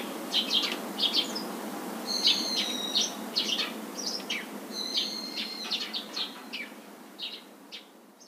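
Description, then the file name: Eurasian tree sparrow chirps, rapid uneven series of bright notes and short flat tones, fading toward the end against soft steady hiss. "suzume"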